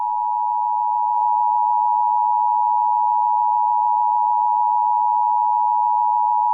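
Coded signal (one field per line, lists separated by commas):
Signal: Emergency Alert System (SAME) tones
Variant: 853 and 960 Hz attention tone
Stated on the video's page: Fictional EAS scenario, not a real broadcast alert.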